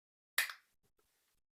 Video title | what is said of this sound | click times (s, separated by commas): GALAXY SMARTTAG: How To Change The Battery | and you twist it a bit as you can hear it popping to open up | 0.4 s